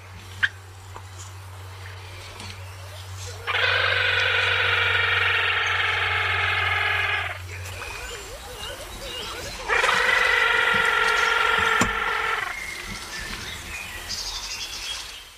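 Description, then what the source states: Spotless crake giving two long, dense buzzy bursts lasting a few seconds each, with a steady low hum during the first half. Played recording.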